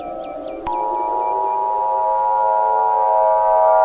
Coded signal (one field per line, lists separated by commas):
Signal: Emergency Alert System (SAME) tones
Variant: 853 and 960 Hz attention tone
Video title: "9/11" - A Historical EAS Scenario (#11)